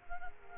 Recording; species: mosquito wingbeat signal from an infrared sensor; Culex quinquefasciatus